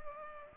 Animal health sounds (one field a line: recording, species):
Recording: mosquito wingbeat signal from an infrared sensor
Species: Culex pipiens